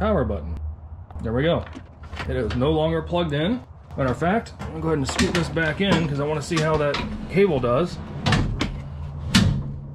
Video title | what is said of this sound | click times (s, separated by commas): Lightweight DIY Overland Trailer! Part 4, Electrical, Lithium and Iceco Cooler! | locked into place nice all right so | 9.4 s